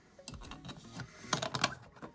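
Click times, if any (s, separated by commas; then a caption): 1.6 s. A 3D-printed plastic part, likely the filter cover or insert, is pressed into a 3D-printed face mask. Light plastic tapping and handling noises lead to a cluster of sharp clicks, and the loudest snap at 1.6 s marks the cover seating in place.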